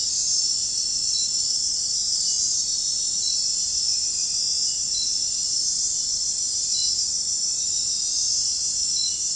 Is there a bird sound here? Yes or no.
no